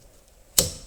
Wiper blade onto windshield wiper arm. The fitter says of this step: And it'll click and lock into place like this.